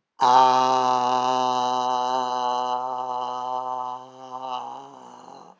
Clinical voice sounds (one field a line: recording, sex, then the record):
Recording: sustained vowel /a/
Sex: male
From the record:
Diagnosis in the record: healthy control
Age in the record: 77 years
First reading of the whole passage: 68 s, 7.6 characters per second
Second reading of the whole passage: 60 s, 8.3 characters per second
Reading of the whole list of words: 67 s, 4.2 characters per second